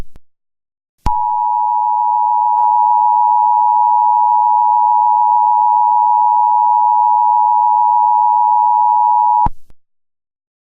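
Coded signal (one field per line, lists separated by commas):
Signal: Emergency Alert System (SAME) tones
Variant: 853 and 960 Hz attention tone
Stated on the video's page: Fake mockup scenario of a tornado emergency in northeast Ohio, possibly using valid header tones.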